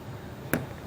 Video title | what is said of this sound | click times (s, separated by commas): etrailer - 2022 Ford Edge Yakima JetStream Crossbars: Complete Installation | just like this that will also snap into place | 0.5 s